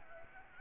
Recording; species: mosquito wingbeat signal from an infrared sensor; Aedes albopictus